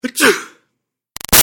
Human Male. Sneeze.